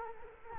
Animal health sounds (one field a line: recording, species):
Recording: mosquito wingbeat signal from an infrared sensor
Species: Culex quinquefasciatus